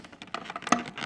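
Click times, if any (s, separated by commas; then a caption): 0.3 s, 0.7 s. A plastic housing piece is pressed around its edge onto the body of a Philips Respironics REMstar CPAP machine during reassembly. Sharp plastic clicks sound at 0.3 s and 0.7 s, with the second one loudest, among softer taps and rustling. The cover snaps home and is seated.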